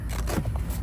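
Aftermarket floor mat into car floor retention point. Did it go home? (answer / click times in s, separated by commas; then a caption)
no / none. An aftermarket car floor mat is pressed down onto the car floor at its retention point, where it holds only by Velcro, and it fails to lock into place the way original factory mats do. Low, steady rumbling and scraping are heard, with two short hits at about 0.6 and 0.9 seconds that are not a latch click. Nothing has seated or clicked yet.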